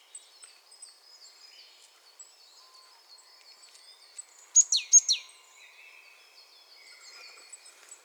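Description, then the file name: Marsh tit call: a brief burst of sharp high notes followed by quick downslurred notes midway through, with faint high twittering in the background. "Poecile palustris"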